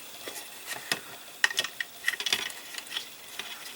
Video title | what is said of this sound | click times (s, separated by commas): Build the Premium 1:2 Scale R2-D2 Issue 30 - Right Wheel Drive Motor | here it is right here this simply just snaps into place like | 1.4 s